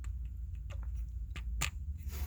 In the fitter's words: it kind of hits a detent there and locks in place